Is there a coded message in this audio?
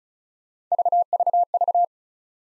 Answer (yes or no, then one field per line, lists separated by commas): no